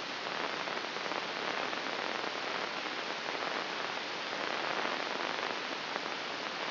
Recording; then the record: brain microelectrode recording played as sound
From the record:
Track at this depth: inside the subthalamic nucleus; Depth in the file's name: 2.348 mm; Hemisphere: right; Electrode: 2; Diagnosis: Parkinson's disease